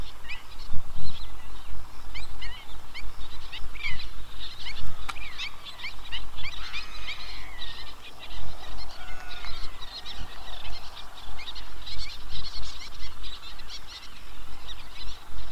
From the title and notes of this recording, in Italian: Lo Stagno – Cabras.